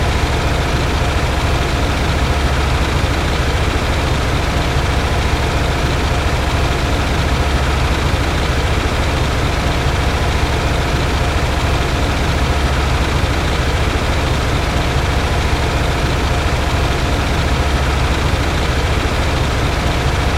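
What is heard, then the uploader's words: A mechanical engine runs at a steady idle, its deep low rumble constant from start to finish with no change in speed or loudness. A dense, even chatter of rattles and faint whining tones sits above the rumble, unbroken throughout. Game Sound Pack Seamless Mechanical Engine Loop.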